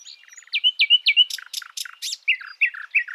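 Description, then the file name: Common nightingale song phrase: repeated falling slurred notes, a few sharp loud clicks, then a series of paired downward chirps. "Luscinia megarhynchos"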